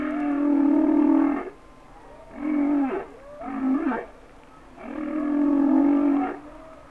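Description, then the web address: Humpback whale song: long sustained harmonic moans alternating with shorter downswept and wavering units. "Whale Songs Sounds of Nature - Humpback Whales"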